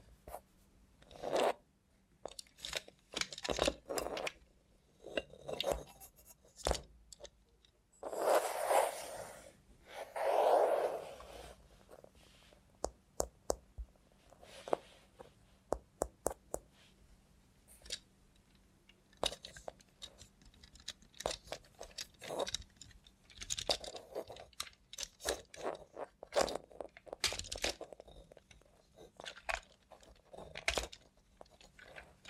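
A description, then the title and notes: Robot hand ASMR: irregular crisp taps, clicks and scrapes throughout, with a louder rustling burst around eight to eleven seconds over a faint hum. Try ASMR with a Robot Hand (No Talking).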